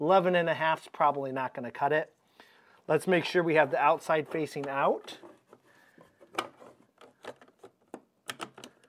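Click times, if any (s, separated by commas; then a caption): none. Someone talks while handling the manual flush part for a TOTO Neorest RH MS988CUMFG toilet, fitting it with its outside facing out. Quieter rustling and a few short, sharp handling taps follow. Nothing has seated or clicked into place yet.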